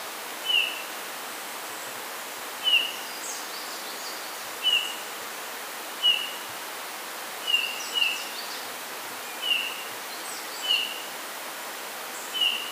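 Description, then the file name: Eurasian bullfinch uttering a steady series of gentle, falling piping calls, roughly every one to two seconds, once in a quick pair, over a hissing background. "Pyrrhula pyrrhula"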